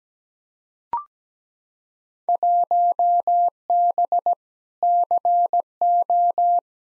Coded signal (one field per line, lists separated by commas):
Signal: Morse code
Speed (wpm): 17 wpm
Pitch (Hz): 700 Hz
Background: none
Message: 1B CO